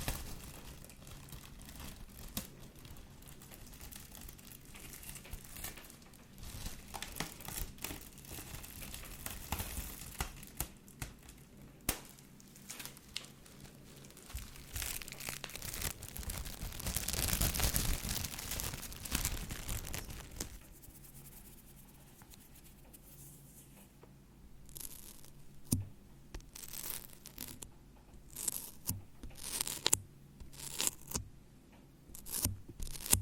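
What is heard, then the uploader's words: Shaving cream being worked over a microphone, a dense crackling and fizzing rustle with sharp crinkly pops throughout. The texture swells loudest and fullest around 15 to 20 seconds, then thins into sparser, separate clicks and crunches, with a low steady hum underneath. Shaving Cream on Mic. Brainmassage mit Schaum.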